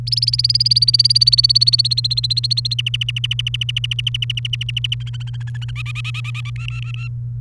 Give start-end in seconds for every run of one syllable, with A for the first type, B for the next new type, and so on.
0.07-2.74 A, 2.79-4.95 B, 5.00-5.71 C, 5.76-6.50 D, 6.56-7.07 E